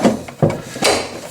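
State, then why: Partly seated. An Ikea kitchen drawer is pushed onto its metal runners so that its front grooves clip in, and the first of two clicks sounds sharply at 0.4 s after a faint tap at 0.3 s. A longer sliding scrape follows from about 0.8 s, and the second click has not yet come, so the drawer is only partly clipped on.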